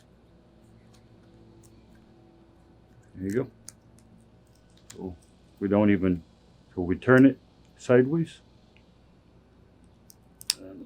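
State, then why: Seated. Someone talks while a Portofino Glen Hollow light fixture, being installed on an uneven stone wall, is turned sideways and fitted onto its wall mounting bracket. Its inner retaining clip snaps in from the inside with a sharp click at 10.5 s, securing the fixture to the bracket.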